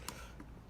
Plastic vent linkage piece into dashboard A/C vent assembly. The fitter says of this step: away and then that just pushes straight down clicks into place and now we can pull that around